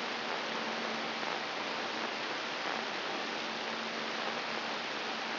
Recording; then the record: brain microelectrode recording played as sound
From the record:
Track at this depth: inside the subthalamic nucleus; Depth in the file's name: 5.337 mm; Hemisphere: right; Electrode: 3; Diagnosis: Parkinson's disease